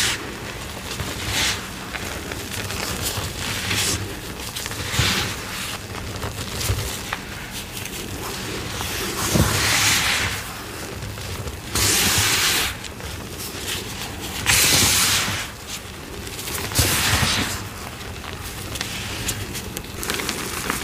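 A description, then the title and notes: Wet, crackly squishing and sloshing from paste being played with, with water sounds mixed in. The texture is dense and continuous, rising into brighter, louder bursts every couple of seconds, notably near 9, 12, 14 and 17 seconds, over a low rumble. Reforming my Black Hydrophobic Mixes + Black Cornstarch Crunchies. Water pouring sounds, ASMR paste play, recycled gym chalk powder.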